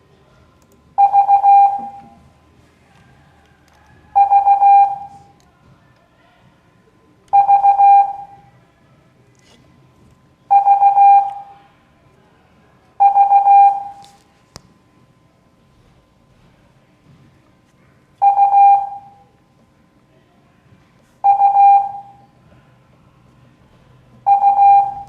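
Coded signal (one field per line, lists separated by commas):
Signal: Morse code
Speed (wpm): 15 wpm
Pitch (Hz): 800 Hz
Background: none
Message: V V V V V U U U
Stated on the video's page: Morse code class lesson.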